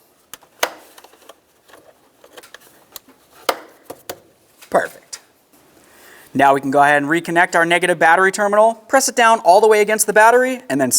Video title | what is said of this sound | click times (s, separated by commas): How To Replace Alternator 2006-10 Ford Explorer | make our way down to this area here so we can latch in our air filter box perfect | 0.6 s, 3.5 s